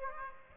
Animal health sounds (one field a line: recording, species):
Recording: mosquito wingbeat signal from an infrared sensor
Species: Aedes aegypti